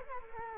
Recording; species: mosquito wingbeat signal from an infrared sensor; Culex quinquefasciatus